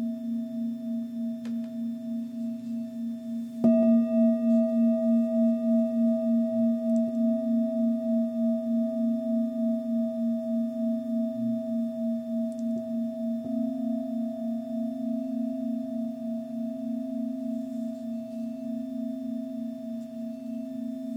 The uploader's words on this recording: The journey is a soundscape of crystal & tibetan bowls.